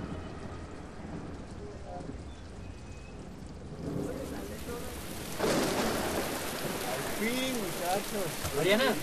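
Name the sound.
rain with distant thunder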